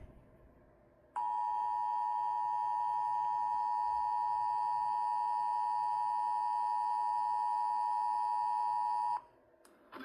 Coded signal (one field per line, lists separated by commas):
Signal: Emergency Alert System (SAME) tones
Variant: 853 and 960 Hz attention tone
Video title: Eas FFW-C in Brownsville tx again Eas#681